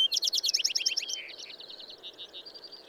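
Bird song opening with a rapid loud trill of high chipping notes, then fading into softer twittering phrases over a steady hiss.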